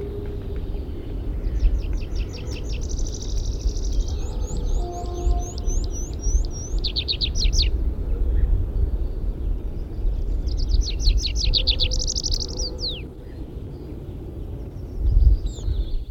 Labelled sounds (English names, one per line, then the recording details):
Tree Pipit song
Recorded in the wild
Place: Lieberose, Brandenburg, DE
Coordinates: 51.983, 14.299
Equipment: Nagra III BH, Sennheiser MD 21, parabola
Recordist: Schubert, Michael